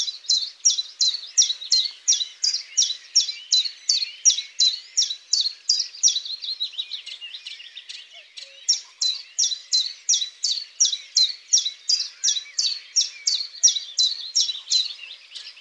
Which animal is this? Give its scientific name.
Phylloscopus collybita